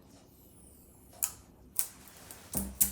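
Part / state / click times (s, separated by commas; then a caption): RAM module into motherboard DIMM slot / seated / 1.2 s, 1.8 s, 2.8 s. A RAM module is given a firm push into its motherboard DIMM slot until the plastic retention latches snap shut. Sharp clicks are heard at 1.2, 1.8 and 2.8 seconds, with softer knocks in between. The latches click back into place and the module is seated.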